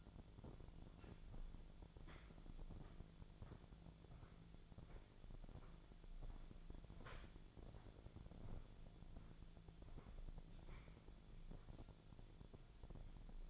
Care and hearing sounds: daily activity, microphone in the room; walk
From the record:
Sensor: 5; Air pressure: 1008.4 hPa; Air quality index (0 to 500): 151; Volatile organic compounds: 3 ppm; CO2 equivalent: 1458 ppm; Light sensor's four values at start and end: 65/181/71/72 and 65/181/71/72

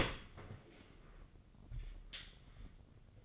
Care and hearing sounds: daily activity, microphone in the room; open dishwasher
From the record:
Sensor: 4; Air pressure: 1013.2 hPa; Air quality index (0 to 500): 176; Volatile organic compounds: 2 ppm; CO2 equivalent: 1107 ppm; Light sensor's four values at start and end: 87/215/89/93 and 86/215/89/93

